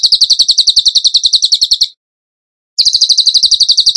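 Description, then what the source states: Bird song: a rapid, regular chain of piercing high chips, a short break, then the chain starts again at the same fast pace. Training recording (masteran) of a bird singing in the tembakan gacor style.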